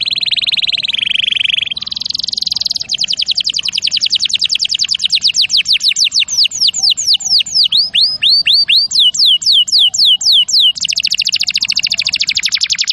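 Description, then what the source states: Canary singing: a buzzy rolling phrase, then a long train of rapid notes slowing into looping swept whistles, and back to a dense trill. Champion canary song used as a master recording for training other birds.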